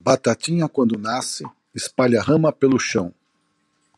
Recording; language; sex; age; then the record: short text; Brazilian Portuguese; male; 60 to 69 years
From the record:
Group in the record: control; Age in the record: 63 years